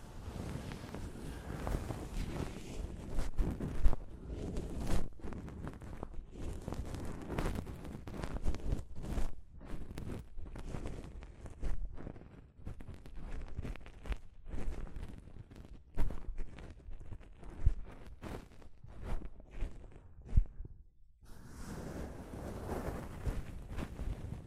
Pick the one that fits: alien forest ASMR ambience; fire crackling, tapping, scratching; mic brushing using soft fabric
mic brushing using soft fabric